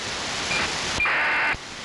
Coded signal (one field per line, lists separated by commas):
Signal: ACARS aircraft data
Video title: How to decode ACARS using SDRuno & MultiPSK (MV016)